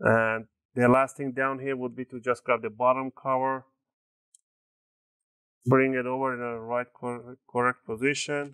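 Someone talks while the plastic bottom cover of an Acer Nitro 5 AN515-41 (N17c1) laptop is brought over and lined up on the laptop chassis, with a brief faint tap near 4.3 s. The cover is only positioned, and nothing has been pressed down or clicked into place yet.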